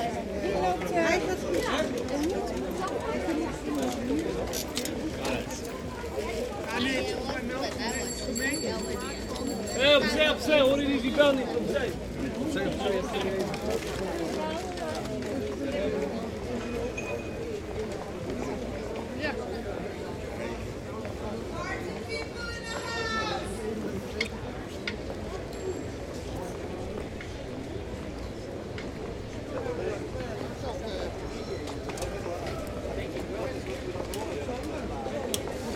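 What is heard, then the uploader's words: Outdoor ambience of pedestrians in a city square, with a steady murmur of overlapping voices and footsteps throughout. Around ten seconds a brief louder burst with a high ringing tone stands out, and a short rattling clatter comes near twenty-three seconds. General atmosphere, pedestrians on the Vismarkt, Utrecht. Recorded Saturday.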